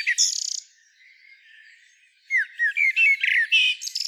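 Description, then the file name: Common blackbird calls: a harsh buzzy burst at the start, a quiet stretch, then several quick squeaky notes in a closing flurry. "Turdus merula"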